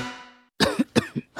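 A quick run of about four harsh, wet-sounding cough bursts comes after a brief sustained tone and a moment of silence. These are acted coughs from an adult portraying someone whose flu is keeping them up at night.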